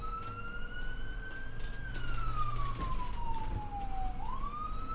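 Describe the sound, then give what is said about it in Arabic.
An ambulance siren wails in a single long, sliding tone that rises gently, falls steadily, then sweeps back up, sounding over a low rumble of traffic, as the ambulance arrives at night, around 1:40. “وبعد وقت وجيز بما يناسب خطورة الموقف، حوالي 1:40 وصلت سيارة الإسعاف، وأضواؤها وسرينتها تمزق أرجاء الليل الصامت.”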